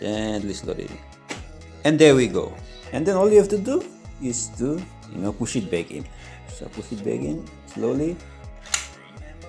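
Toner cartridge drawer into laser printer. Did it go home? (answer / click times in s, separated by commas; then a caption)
yes / 8.7 s. Someone talks over background music while slowly pushing the cartridge drawer, loaded with new toner cartridges, back into an HP Color LaserJet Pro MFP M282 color laser printer. A sharp click at 8.7 s marks the drawer seating home, inserted correctly.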